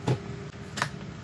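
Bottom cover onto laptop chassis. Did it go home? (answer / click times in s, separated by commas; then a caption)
yes / 0.8 s. The plastic bottom cover of a Latitude 7490/7480 laptop is pressed gently down onto the chassis until its edge clips engage. After a soft low thump near the start, a short, sharp click sounds at 0.8 s, followed by faint handling noise. The cover is seated in place.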